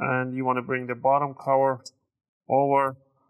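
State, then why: Not seated. Someone talks while the plastic bottom cover of an ASUS FX553VD laptop is brought over toward the palmrest chassis, ready to be pressed down so its clips snap in. Nothing has seated or clicked yet.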